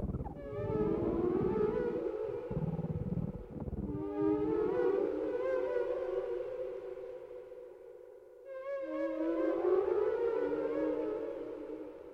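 Whale song in long, slowly rising and falling siren-like moans, rich in harmonics, repeated three times with short pauses between.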